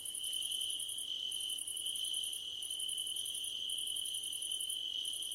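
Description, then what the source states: Steady cricket trill with overlapping bursts of quick, very high pulsed chirping, broken by short gaps every second or so. Crickets at night under a starlit sky.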